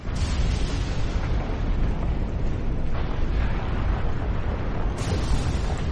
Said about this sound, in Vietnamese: Sau đó lại có tiếng nổ mạnh dữ dội hơn bộc phát, giống như vô số tiếng sấm sét rền vang.